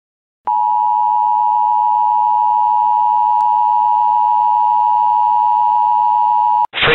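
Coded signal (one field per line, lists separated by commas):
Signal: Emergency Alert System (SAME) tones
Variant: 853 and 960 Hz attention tone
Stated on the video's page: Alert recreated from the movie Atomic Train.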